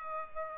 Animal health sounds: mosquito wingbeat signal from an infrared sensor; Culex pipiens

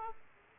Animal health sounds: mosquito wingbeat signal from an infrared sensor; Aedes aegypti

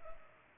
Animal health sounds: mosquito wingbeat signal from an infrared sensor; Culex pipiens

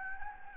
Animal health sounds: mosquito wingbeat signal from an infrared sensor; Anopheles gambiae

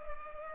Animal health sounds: mosquito wingbeat signal from an infrared sensor; Culex pipiens

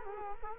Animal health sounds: mosquito wingbeat signal from an infrared sensor; Culex quinquefasciatus

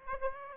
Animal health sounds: mosquito wingbeat signal from an infrared sensor; Aedes aegypti

